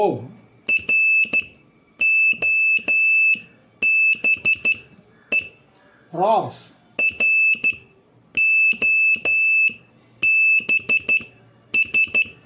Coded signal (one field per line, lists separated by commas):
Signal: Morse code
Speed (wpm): 14 wpm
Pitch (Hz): 2650 Hz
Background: speech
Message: ROBE ROBS